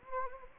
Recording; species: mosquito wingbeat signal from an infrared sensor; Anopheles gambiae